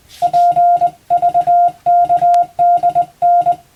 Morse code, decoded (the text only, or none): PVKDN